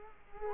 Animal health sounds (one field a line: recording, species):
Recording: mosquito wingbeat signal from an infrared sensor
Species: Culex quinquefasciatus